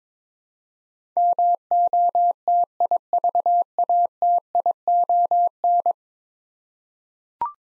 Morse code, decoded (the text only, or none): MOTIVATION